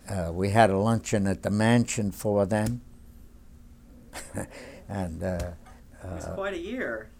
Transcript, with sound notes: We had a luncheon at the mansion for them. ( he laughs ) And...
It was quite a year.